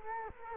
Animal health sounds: mosquito wingbeat signal from an infrared sensor; Culex quinquefasciatus

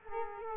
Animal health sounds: mosquito wingbeat signal from an infrared sensor; Culex quinquefasciatus

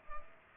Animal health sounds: mosquito wingbeat signal from an infrared sensor; Culex pipiens

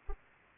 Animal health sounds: mosquito wingbeat signal from an infrared sensor; Anopheles arabiensis

